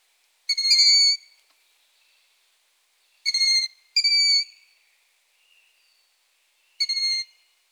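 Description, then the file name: Long-eared owl chick calls, four high, creaky, whistled squeals, two of them close together midway, the rest spaced a few seconds apart, otherwise quiet. Calls of young long-eared owls (chicks). "Asio-otus hlas-mláďat"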